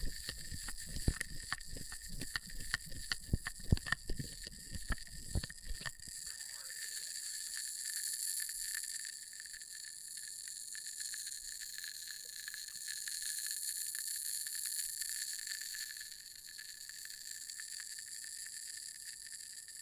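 Test tubes being handled: for the first six seconds, quick irregular clicks and taps of glass come in a dense burst. After that the tapping stops, leaving a steady, high, ringing hiss with fixed bright tones that swells slightly and fades a little near sixteen seconds.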